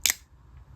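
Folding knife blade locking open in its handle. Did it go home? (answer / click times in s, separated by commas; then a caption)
yes / 0.1 s. A button-lock folding knife with a dirty, slightly rusty mechanism, which doesn't always snap out well, is opened, and its steel blade snaps out and locks in its handle with a sharp, bright click at about 0.1 s, followed immediately by a softer second click. The blade locks open this time, though the mechanism still needs cleaning.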